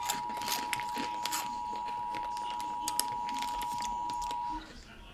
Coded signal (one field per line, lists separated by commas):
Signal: Emergency Alert System (SAME) tones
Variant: 853 and 960 Hz attention tone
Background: speech